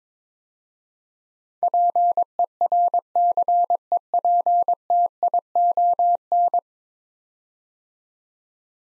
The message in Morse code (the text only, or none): PERCEPTION